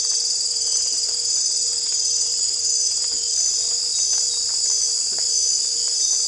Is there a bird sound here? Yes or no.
no